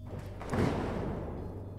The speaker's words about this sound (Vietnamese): Thế nhưng sầm một tiếng, cửa đột ngột đóng lại